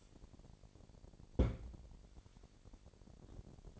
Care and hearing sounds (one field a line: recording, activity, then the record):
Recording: daily activity, microphone in the room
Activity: place on stove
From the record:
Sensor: 5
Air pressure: 1012.2 hPa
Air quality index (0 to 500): 238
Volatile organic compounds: 4 ppm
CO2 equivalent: 1581 ppm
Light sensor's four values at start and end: 53/119/51/55 and 52/117/50/55